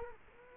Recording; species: mosquito wingbeat signal from an infrared sensor; Culex quinquefasciatus